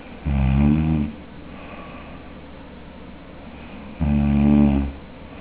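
Palatal snoring in an adult sleeper: two loud, low-pitched, buzzing snores, each lasting just under a second and about four seconds apart, with quiet breathing noise between them.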